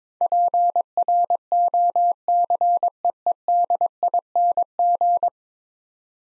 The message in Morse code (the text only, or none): PROCEEDING